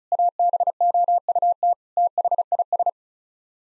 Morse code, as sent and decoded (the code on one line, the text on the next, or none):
.- -... --- ..- - / - .... .. ...
ABOUT THIS